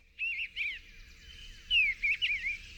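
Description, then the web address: Eastern bluebird song: two bursts of soft, warbled whistles, a short phrase near the start and a longer gurgling one after a pause, over a faint low hum. "Nature Songs N America Songs of Birds of North America Know Your Bird Sounds Common Western Species Eastern Bluebird"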